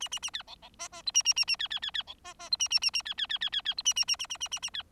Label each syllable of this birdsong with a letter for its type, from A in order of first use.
A A A B C C D D E A A A A B B B B C D D E A A A A B B B B B B E A A A A A A A A B